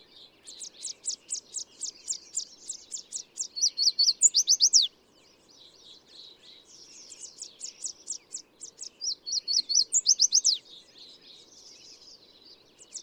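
Bird song of very high, rapid trilled notes that grow louder, ending in a brief flourish of sweeping notes; the phrase is given twice with a short pause between, and a third begins at the end.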